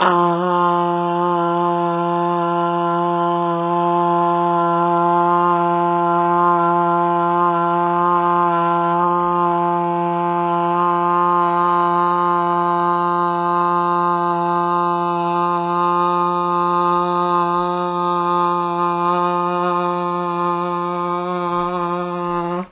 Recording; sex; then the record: sustained vowel /a/; female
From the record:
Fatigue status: no fatigue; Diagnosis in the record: COVID-19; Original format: 3gp